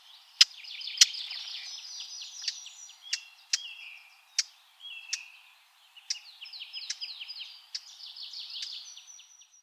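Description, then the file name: Eurasian blackcap: hard, sharp clicking calls at irregular intervals over busy, high-pitched twittering. "Sylvia atricapilla"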